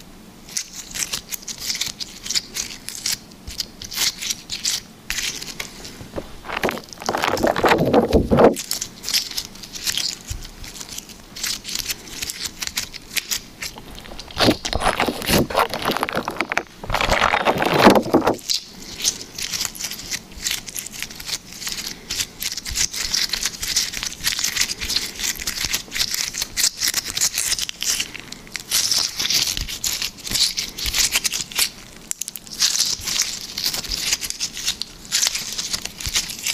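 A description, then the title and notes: Liquid slime is handled, making a dense, steady run of wet crackles and small pops with a bright, fizzy edge. Louder squelching pushes stand out around 7 to 8 seconds and again from about 15 to 18 seconds. Liquid Slime ASMR.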